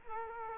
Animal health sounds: mosquito wingbeat signal from an infrared sensor; Culex quinquefasciatus

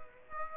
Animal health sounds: mosquito wingbeat signal from an infrared sensor; Aedes aegypti

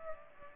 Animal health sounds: mosquito wingbeat signal from an infrared sensor; Aedes aegypti

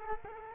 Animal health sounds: mosquito wingbeat signal from an infrared sensor; Culex quinquefasciatus

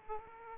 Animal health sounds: mosquito wingbeat signal from an infrared sensor; Aedes aegypti

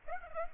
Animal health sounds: mosquito wingbeat signal from an infrared sensor; Aedes aegypti

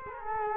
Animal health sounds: mosquito wingbeat signal from an infrared sensor; Culex quinquefasciatus

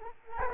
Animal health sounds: mosquito wingbeat signal from an infrared sensor; Culex quinquefasciatus

